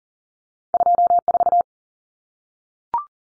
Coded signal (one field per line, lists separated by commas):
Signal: Morse code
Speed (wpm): 40 wpm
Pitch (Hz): 700 Hz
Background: none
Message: 24